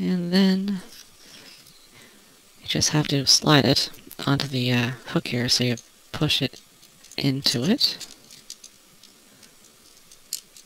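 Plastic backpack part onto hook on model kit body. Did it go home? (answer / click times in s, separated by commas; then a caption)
yes / 10.3 s. Someone talks while a plastic backpack part for a Bandai 1/144 HGBF GM Sniper K9 Gundam model kit is slid onto a hook on the kit's body and pushed down. A few small sharp plastic ticks follow after the talking, and the loudest sharp click at 10.3 s is the backpack locking securely into place.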